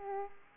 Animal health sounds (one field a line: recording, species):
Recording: mosquito wingbeat signal from an infrared sensor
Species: Aedes aegypti